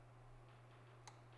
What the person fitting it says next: and there we go got a nice little click